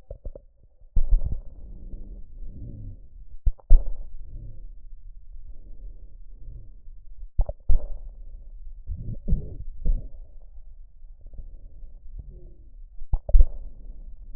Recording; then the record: lung sounds by stethoscope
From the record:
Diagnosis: emphysema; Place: left posterior upper chest